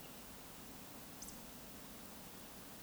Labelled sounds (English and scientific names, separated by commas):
Eurasian Woodcock (Scolopax rusticola) whistle